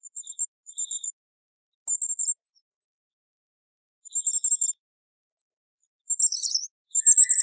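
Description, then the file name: Philippine hanging parrot giving short, very high-pitched shrill squeaks in quick clusters, repeated in several bursts with brief silences between them. "colasisi"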